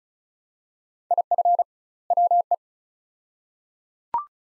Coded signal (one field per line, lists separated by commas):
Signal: Morse code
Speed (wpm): 36 wpm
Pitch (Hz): 700 Hz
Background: none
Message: IF WE